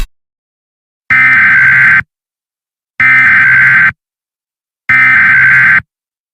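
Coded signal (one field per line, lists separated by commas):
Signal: Emergency Alert System (SAME) tones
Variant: header bursts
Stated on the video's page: Fictional EAS scenario story.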